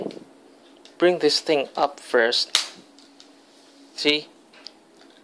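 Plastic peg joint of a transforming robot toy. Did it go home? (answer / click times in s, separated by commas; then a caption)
yes / 4.7 s. Someone talks while bringing up a part of a plastic knock-off Red Alert MP-14 transforming robot toy during transformation. A sharp, short snap at 4.7 s is the plastic peg joint seating into place, at a spot where a part has already broken.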